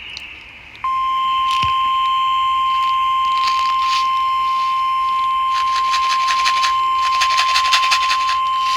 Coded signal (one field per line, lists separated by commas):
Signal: Emergency Alert System (SAME) tones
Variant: 1050 Hz attention tone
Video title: Special Marine Warning On Station WWF64 (Monterey Marine, CA) EAS #164